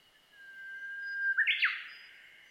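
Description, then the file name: Japanese robin song opening with a long level whistle that breaks into a short burst of jumbled, stepped notes. Recorded 23 June 2007. "komadori 20070623"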